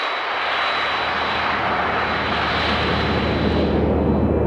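A steady, heavy roar of jet exhaust from a 707 airliner fills the whole stretch, arising 12 to 15 metres behind the engine where cold air rubs against the hot jet stream, broad and rumbling with a thin high whine running through it, slowly swelling louder toward the end.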